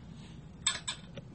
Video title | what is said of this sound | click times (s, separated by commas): Trumpet Trombone Cleaning Part 2 | you turn it until it clicks that means the holes have lined up properly and | 0.7 s